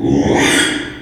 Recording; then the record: squeal of a Yucatan mini pig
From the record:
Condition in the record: after surgery on the right vocal fold (resection and tissue-engineered implant); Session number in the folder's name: 3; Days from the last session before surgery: 33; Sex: male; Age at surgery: 12 weeks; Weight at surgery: 13 kg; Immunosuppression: cyclosporine, prednisolone